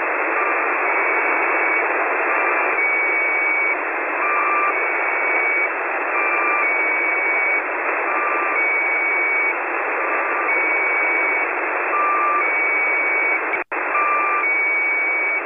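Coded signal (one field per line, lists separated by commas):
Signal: channel marker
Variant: Squeaky Wheel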